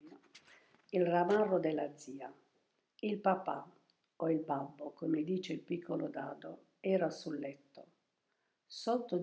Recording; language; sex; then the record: read passage; Italian; female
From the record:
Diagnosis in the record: healthy control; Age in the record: 72 years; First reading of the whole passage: 67 s, 7.5 characters per second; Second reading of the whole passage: 67 s, 7.5 characters per second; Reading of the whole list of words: 68 s, 4.2 characters per second